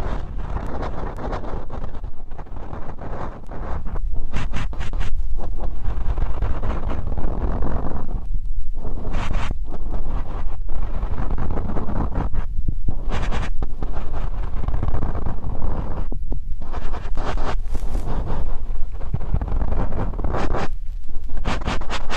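Ear cleaning sounds fill the clip with a dense, continuous rustling and scraping, heavy in the low end with muffled rubbing. Bright crackling bursts and short vertical scratches flare up every second or two, especially around four, nine, thirteen and seventeen seconds.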